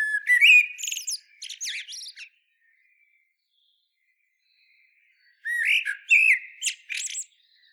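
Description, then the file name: Common blackbird song: two separate phrases, each opening with mellow whistled notes that break into high, scratchy twitters, with a quiet pause of about three seconds between them. "Turdus merula"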